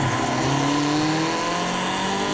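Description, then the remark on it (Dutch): A race car engine in a racing video game roars steadily at high revs, its pitch gliding upward in smooth harmonic sweeps as it accelerates, loud and continuous with no voices over it. “Een race game genaamd Forza Motorsport 7 is ook gewoon prima te doen nu voor blinden. Dus je kunt racen”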